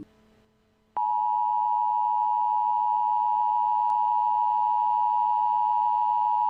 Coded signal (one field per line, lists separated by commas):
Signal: Emergency Alert System (SAME) tones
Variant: 853 and 960 Hz attention tone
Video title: T-Storm Warning EAS in Baltimore, MD